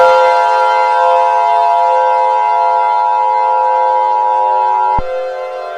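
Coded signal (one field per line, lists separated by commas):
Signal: Emergency Alert System (SAME) tones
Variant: 853 and 960 Hz attention tone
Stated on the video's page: Fictional EAS scenario.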